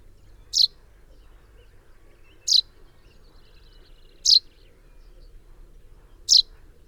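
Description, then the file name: Common chaffinch calling: four brief, bright high-pitched notes, roughly two seconds apart, over a faint low background hum. "Fringilla coelebs"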